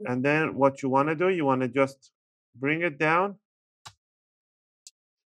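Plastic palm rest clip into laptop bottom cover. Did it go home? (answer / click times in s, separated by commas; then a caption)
yes / 4.9 s. Someone talks, then the plastic palm rest of an HP Pavilion 15-ab113 laptop, reassembled after a RAM upgrade, is lowered onto the bottom cover and its corner pressed down. A short, sharp click at 4.9 s is the plastic retaining clips snapping into the bottom cover, seating the palm rest.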